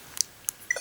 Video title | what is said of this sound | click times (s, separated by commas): How to increase the STORAGE on a Nintendo Switch | you will hear it just clicks into place like | 0.2 s